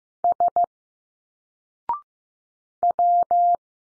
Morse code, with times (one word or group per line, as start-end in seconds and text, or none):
0.2-0.7 S
2.8-3.6 W